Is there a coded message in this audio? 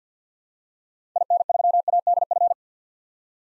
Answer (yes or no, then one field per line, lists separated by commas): yes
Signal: Morse code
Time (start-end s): 1.2-2.5 s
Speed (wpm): 50 wpm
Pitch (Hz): 700 Hz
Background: none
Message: IN3ADF